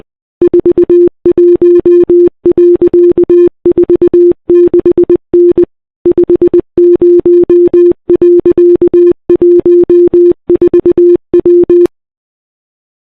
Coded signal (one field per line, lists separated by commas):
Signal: Morse code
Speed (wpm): 20 wpm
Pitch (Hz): 350 Hz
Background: none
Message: 41.46N 50.14W